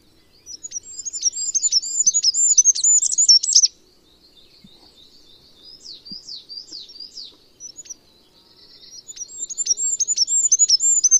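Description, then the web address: Bird chirping in loud bursts of rapid arched high notes, a fast run, a quieter scattered middle stretch, then another rapid run at the end. "cianscape. Deverinetal 2025. Bird Only"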